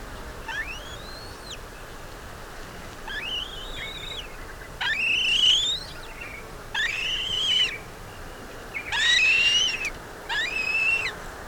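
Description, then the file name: Black-breasted buzzard giving six loud, drawn-out whistles, each rising and then held or falling, repeated about every two seconds over a soft hiss. "Hamirostra Melanosternon"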